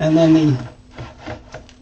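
Someone talks briefly, then the display screen of a Creality Ender-3 V3 3D printer is pressed down onto the two lugs of its mount on the printer frame, with soft rubbing and short clicks at 1.0, 1.6 and 1.7 seconds. The display only partly seats: the bracket is not pushed fully home and is left just hanging because it was not pushed down far enough.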